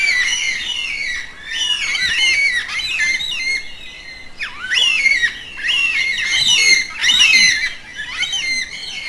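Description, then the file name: Yellow-tailed black cockatoo calls: many overlapping rasping, wavering squawks, nearly continuous, with a few brief lulls. "Canto da cacatua funebre"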